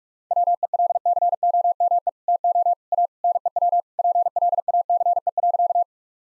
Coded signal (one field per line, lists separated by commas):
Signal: Morse code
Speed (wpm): 41 wpm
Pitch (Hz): 700 Hz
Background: none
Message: WELCOME TO A NEW PLACE.